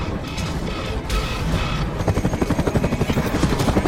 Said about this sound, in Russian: Вертолет, пролетая айсберг, зацепился хвостом. Сильный ветер его прижал ко льду. Его закружило, и он рухнул на лед.